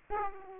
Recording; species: mosquito wingbeat signal from an infrared sensor; Aedes aegypti